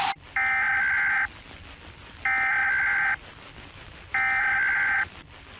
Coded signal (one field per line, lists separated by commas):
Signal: Emergency Alert System (SAME) tones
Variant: header bursts